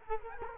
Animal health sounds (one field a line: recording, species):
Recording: mosquito wingbeat signal from an infrared sensor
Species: Culex quinquefasciatus